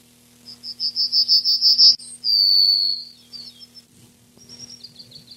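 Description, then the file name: Yellowhammer song: a quick run of about eight bright, high repeated notes, then a long drawn-out lower note, followed by fainter chirps. "Ecitrinella"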